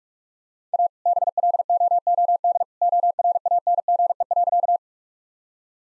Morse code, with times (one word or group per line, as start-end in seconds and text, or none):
0.7-0.9 A
1.1-2.6 BLOOD
2.8-4.8 ORANGE.